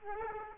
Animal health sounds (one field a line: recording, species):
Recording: mosquito wingbeat signal from an infrared sensor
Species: Aedes aegypti